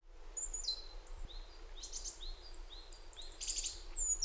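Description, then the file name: Great tit calls: short, soft whistled notes and a few buzzy, chattering bursts, fairly quiet against a low background hiss. "Parus major"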